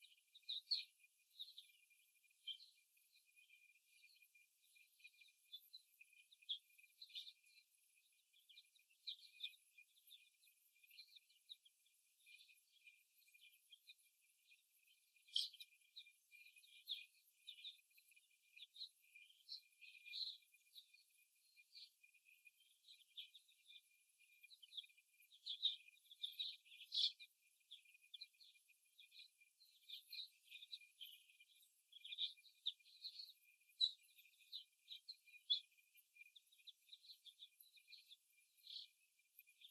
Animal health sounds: young laying hens in a cage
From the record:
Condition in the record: before the stressor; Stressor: simulated dog barking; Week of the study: 1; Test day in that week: 1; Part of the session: 1

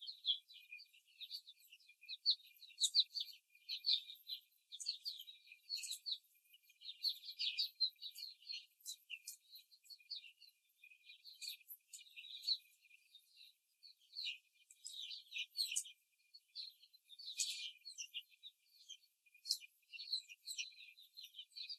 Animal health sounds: young laying hens in a cage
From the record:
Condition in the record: before the stressor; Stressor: simulated dog barking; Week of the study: 3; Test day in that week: 2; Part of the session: 1

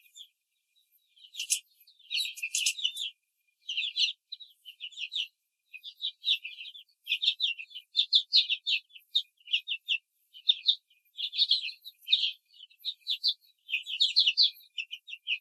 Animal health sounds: young laying hens in a cage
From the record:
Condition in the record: control cage, after the stress test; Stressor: none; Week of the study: 4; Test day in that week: 1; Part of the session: 3

